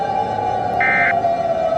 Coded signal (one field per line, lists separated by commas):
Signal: Emergency Alert System (SAME) tones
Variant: end-of-message bursts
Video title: EAS Scenario - Malevolence